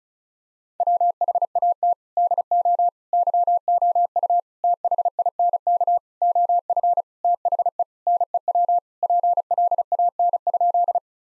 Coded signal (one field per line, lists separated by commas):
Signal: Morse code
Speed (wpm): 36 wpm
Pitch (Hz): 700 Hz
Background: none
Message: WHAT DO YOU THINK OF THE NEW PLAN?